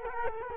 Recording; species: mosquito wingbeat signal from an infrared sensor; Culex quinquefasciatus